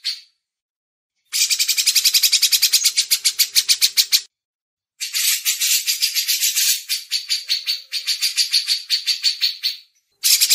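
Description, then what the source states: Grey-cheeked bulbul chattering in rasping, rapid pulsed phrases lasting a few seconds each, separated by short silences. Master song used to train songbirds.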